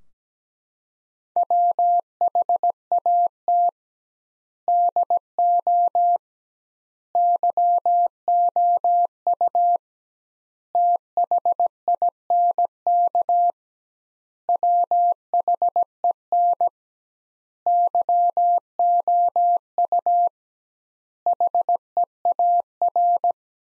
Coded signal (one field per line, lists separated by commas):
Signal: Morse code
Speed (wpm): 17 wpm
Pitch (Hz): 700 Hz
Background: none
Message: WHAT DO YOU THINK WHEN YOU HEAR